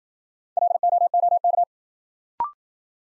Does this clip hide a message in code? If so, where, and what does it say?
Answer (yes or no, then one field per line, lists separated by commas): yes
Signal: Morse code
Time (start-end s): 0.6-1.6 s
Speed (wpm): 55 wpm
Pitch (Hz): 700 Hz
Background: none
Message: LOOK